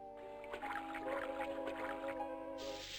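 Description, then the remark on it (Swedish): Wet splashing and squishing of soapy water being rubbed over a face, in soft repeated bursts over a steady sustained tonal hum of background music. “Hon sa att jag skulle tvätta bort det med tvål och vatten.”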